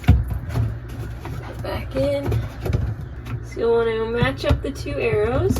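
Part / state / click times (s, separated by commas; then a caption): dishwasher filter into the sump housing at the bottom of the tub / not seated / none. A plastic filter from a GE Front Control dishwasher is picked up and positioned over the sump housing at the bottom of the tub, ready to have its arrows lined up and be twisted in. Short handling knocks are heard at about 0.1, 1.3 and 2.7 seconds while someone talks. The filter has not seated or clicked into place yet.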